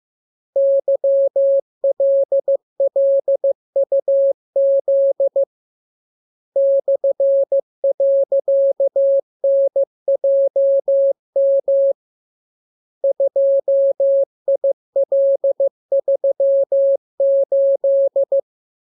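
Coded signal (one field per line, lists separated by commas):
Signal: Morse code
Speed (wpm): 15 wpm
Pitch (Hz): 550 Hz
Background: none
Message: YLLUZ /.NJM 2IL38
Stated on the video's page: Morse code lesson 30 on letters, numbers and punctuation; radiogram opens with VVV and a section sign, ends with AR.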